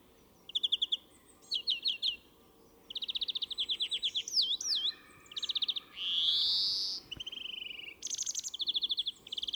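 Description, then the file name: European greenfinch twittering song mixing rapid trills, sweeping whistled notes and one long rising nasal wheeze. "Chloris chloris"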